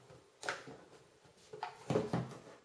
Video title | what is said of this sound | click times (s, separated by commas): 🔧 How to upgrade an Acer Chromebox CXI or CXI2 - RAM, SSD, alternative operating system and more | Gently slide it upwards until it clicks into place. | 0.5 s